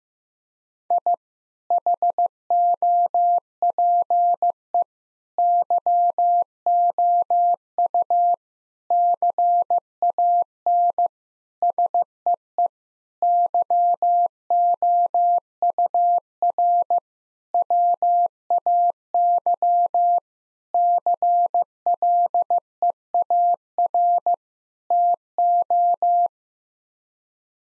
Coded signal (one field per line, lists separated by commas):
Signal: Morse code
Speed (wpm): 16 wpm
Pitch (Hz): 700 Hz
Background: none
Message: I HOPE YOU CAN SEE YOUR WAY CLEAR TO